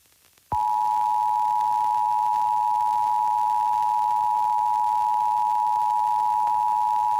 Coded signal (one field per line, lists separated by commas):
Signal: Emergency Alert System (SAME) tones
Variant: 853 and 960 Hz attention tone